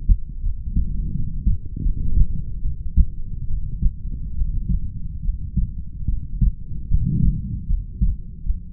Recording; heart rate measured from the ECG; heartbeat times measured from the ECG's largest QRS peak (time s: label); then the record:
heart sounds by stethoscope; 75 bpm
0.42 s: heartbeat
1.13 s: heartbeat
1.82 s: heartbeat
2.62 s: heartbeat
3.47 s: heartbeat
4.35 s: heartbeat
5.22 s: heartbeat
6.07 s: heartbeat
6.88 s: heartbeat
7.67 s: heartbeat
8.44 s: heartbeat
From the record:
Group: healthy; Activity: rest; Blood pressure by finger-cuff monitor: 91/62 mmHg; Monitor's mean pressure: 71 mmHg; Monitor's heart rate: 74 bpm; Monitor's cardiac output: 5.8 L/min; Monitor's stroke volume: 78 mL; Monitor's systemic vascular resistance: 910 dyn s/cm5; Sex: female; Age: 22 years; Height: 160 cm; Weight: 45 kg